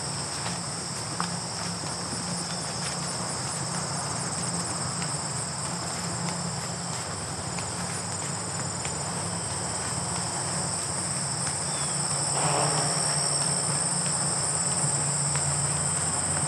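Grasshoppers keep up a steady, bright high buzzing throughout, with faint scattered crunches of footsteps on gravel and a low hum underneath.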